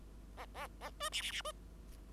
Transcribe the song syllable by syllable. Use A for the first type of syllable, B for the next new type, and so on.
A A A B C C C B